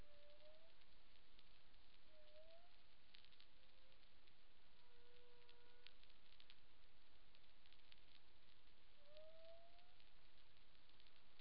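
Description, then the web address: Humpback whale song units: several brief upswept whoops and a held flat moan, spaced a few seconds apart over steady crackly noise. Recorded 11 May 2021 at 15:32 UTC. "Humpback Whale CIAN Colab Tutorial"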